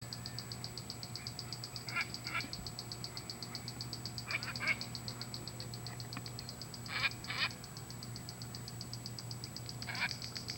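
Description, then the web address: Bare-faced ibis calls, harsh nasal notes given mostly in pairs every few seconds over a continuous pulsing insect buzz and a low steady hum. "cantos cuervicarapela"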